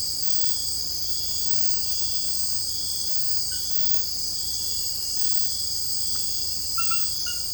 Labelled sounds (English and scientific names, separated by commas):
none